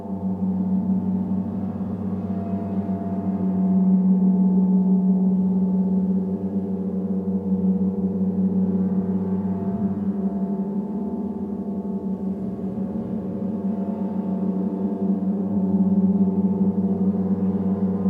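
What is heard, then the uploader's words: A gong bath: deep, steady gong tones ring and hum continuously, layered low and mid tones with a soft shimmer above. The sound swells louder around four to six seconds and again near fifteen to seventeen seconds, with gentle throbbing pulses throughout. Gong Bath. 銅鑼浴. 聆聽銅鑼的宇宙音頻.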